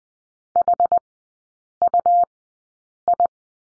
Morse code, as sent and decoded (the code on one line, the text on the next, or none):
.... ..- ..
HUI